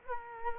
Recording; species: mosquito wingbeat signal from an infrared sensor; Culex quinquefasciatus